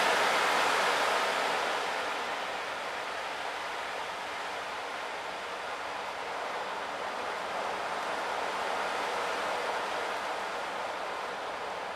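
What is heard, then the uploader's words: A soft, continuous wash imitates waves on a distant beach, a dense hiss with a gentle airy brightness and little low rumble. It eases down slightly in the first few seconds, then holds nearly steady, swelling faintly near the end, with no distinct individual crashes. His skillful, steady hands mimic the muted nuances of waves crashing on a distant beach.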